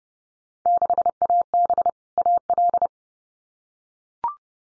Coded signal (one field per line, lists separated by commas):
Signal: Morse code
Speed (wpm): 30 wpm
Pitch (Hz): 700 Hz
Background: none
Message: 6AB AL